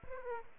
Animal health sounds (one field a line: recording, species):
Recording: mosquito wingbeat signal from an infrared sensor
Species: Aedes aegypti